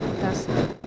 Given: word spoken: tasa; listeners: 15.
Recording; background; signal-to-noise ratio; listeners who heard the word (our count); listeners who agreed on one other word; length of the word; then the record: one Spanish word in noise, from a listening test; noise modulated by three-talker babble; -6.9 dB; 1 of 15; 14 of 15; 0.47 s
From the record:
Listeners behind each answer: 14, 1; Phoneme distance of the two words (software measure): 10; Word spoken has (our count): 2 syllables, 4 phonemes, stress on syllable 1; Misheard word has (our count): 2 syllables, 4 phonemes, stress on syllable 1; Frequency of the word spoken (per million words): 48.82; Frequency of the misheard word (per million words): 557.58